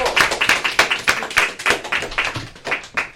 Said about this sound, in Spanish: Un aplauso, yo creo que un aplauso para este verso que se nos acaba de echar.